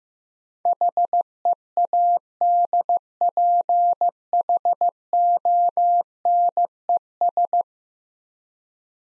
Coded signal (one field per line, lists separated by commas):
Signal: Morse code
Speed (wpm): 15 wpm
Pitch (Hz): 700 Hz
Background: none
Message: HEADPHONES